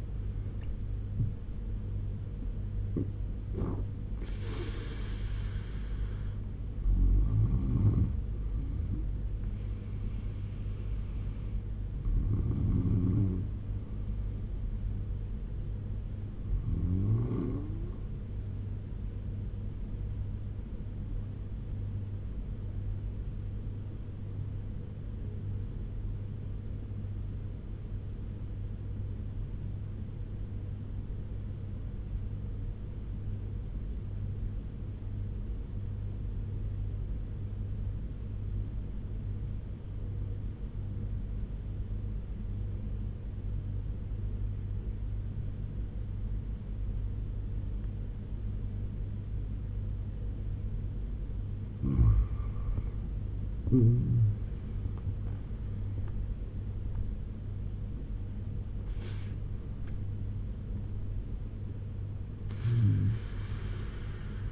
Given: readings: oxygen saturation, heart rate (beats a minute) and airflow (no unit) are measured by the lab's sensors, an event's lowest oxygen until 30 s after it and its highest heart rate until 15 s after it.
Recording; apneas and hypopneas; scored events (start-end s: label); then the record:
breathing in sleep by a smartphone at the bedside; 1
24.00-51.60 s: obstructive apnea (N1, oxygen 96% highest, then 84% lowest, heart rate 75 at the start, 89 highest)
26.00-56.00 s: new sleep stage, N2 (light sleep)
56.00-64.51 s: new sleep stage, N1 (lightest sleep)
From the record:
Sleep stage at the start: N1 (lightest sleep); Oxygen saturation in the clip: 83 to 97%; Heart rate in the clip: 72 to 89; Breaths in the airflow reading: 5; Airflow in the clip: -11.5 to 12.8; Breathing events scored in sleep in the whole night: 201 in 6.5 hours asleep